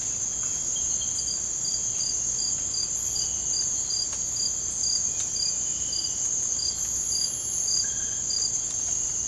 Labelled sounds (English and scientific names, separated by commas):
none